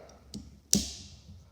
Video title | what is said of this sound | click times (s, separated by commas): Taurus TX22 Review Part 1 Tabletop review | release your plunger slide up your slight cover make sure it snaps into place with | 0.7 s